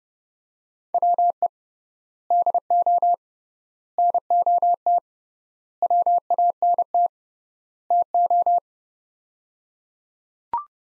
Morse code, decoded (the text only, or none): WE DO NOT WANT TO